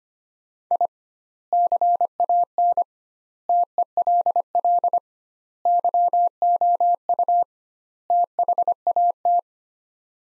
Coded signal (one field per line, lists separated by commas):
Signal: Morse code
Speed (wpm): 25 wpm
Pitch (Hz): 700 Hz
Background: none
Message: I CAN TELL YOU THAT